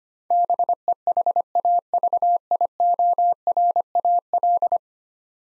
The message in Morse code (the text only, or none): BEHAVIORAL